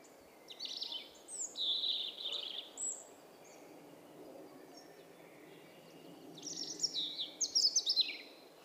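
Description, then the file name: European robin song: a thin, buzzy warbled phrase, a pause of a few seconds, then a second rapid tumbling phrase of high twittering notes, against soft background hiss. "Erithacus rubecula"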